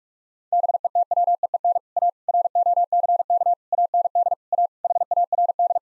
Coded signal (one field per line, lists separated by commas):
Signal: Morse code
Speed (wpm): 46 wpm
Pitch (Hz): 700 Hz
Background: none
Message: BETWEEN A ROCK AND A HARD